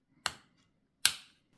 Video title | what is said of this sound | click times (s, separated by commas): Αντικατάσταση μπαταρίας τηλεχειριστηρίου κλειδιού Volkswagen | πιέζουμε σφιχτά και τα δύο τμήματα του τηλεχειριστηρίου μέχρι να ασφαλίσει τη θέση του και να ακουστεί το χαρακτηριστικό κλικ αυτό | 0.3 s, 1.1 s